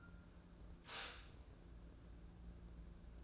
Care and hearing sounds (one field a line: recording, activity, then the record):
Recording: daily activity, microphone in the room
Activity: stop toaster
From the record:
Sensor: 2